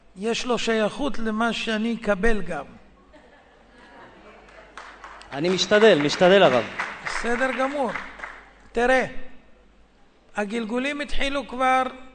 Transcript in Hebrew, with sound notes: יש לו שייכות למה שאני אקבל גם.
אני משתדל, משתדל הרב
[מחיאות כפים] בסדר גמור. תראה, הגלגולים התחילו כבר